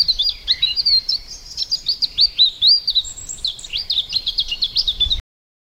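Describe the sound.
Bird singing a continuous, high twittering warble of rapid slurred notes over a low background rumble, ending abruptly.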